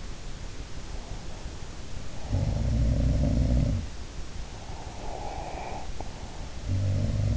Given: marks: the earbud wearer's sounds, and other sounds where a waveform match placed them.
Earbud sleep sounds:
sounds in sleep by an in-ear microphone; breath
0.91-2.84 s: breath
2.14-4.06 s: sound from someone else or the room
4.47-6.43 s: breath

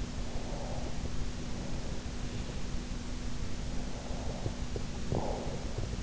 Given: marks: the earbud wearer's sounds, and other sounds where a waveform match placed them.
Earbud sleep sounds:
sounds in sleep by an in-ear microphone; breath
0.12-0.94 s: breath
3.57-5.81 s: breath

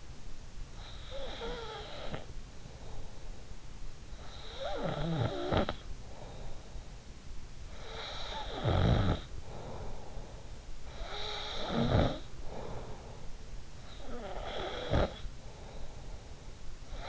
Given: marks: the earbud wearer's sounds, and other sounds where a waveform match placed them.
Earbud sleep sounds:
sounds in sleep by an in-ear microphone; snoring breath
0.00-17.09 s: snoring breath

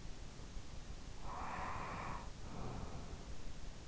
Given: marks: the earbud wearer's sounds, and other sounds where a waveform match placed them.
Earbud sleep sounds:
sounds in sleep by an in-ear microphone; breath
0.96-3.65 s: breath

